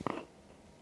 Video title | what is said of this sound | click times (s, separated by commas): Share Salisbury How To: Extendable Ladder | and this is locked so you keep pulling up from the bottom one and each time it clicks in | 0.1 s